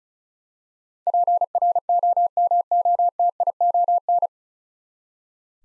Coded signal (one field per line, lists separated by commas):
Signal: Morse code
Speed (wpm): 36 wpm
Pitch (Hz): 700 Hz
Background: none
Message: PROMOTION